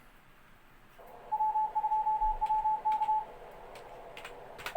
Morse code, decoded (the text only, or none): W2WK